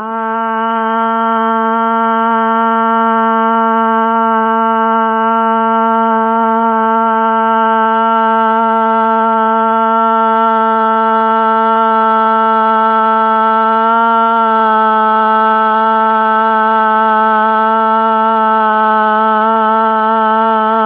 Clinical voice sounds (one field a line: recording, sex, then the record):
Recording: sustained vowel /a/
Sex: female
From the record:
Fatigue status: fatigue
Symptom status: symptomatic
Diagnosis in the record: COVID-19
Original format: 3gp